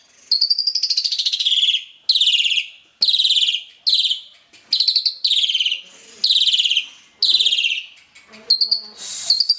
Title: Jalak Suren